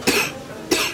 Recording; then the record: coughing mixed with background sound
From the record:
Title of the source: 64 coughing, allergies, singing lungs